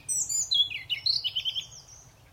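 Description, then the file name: European robin song: one short, high phrase of thin whistles slurring downward into a rapid, sparkling twitter that fades away. "Erithacus rubecula"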